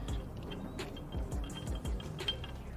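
A shift bushing is being handled and fitted onto a gear shifter after a part was hand-tightened, producing light clinking and tapping handling noises over background music. Nothing has seated or clicked into place yet by the end of the clip.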